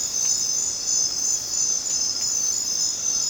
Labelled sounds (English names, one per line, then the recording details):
none
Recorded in dense forest near Puerto Asís, Putumayo, Colombia, on 27 June 2025 at 21:00
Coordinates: 0.484, -76.317
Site G045